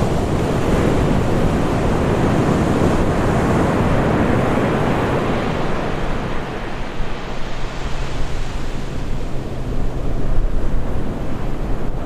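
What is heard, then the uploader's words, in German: Pacific surf at night rolls in as a dense, steady roar, heavy in the low end, with wind buffeting the microphone throughout. After about six seconds a faint, steady low hum joins underneath, like an engine, while the surf swells slightly louder near the end. Ozeanische Träume - Eine Nacht am Pazifik.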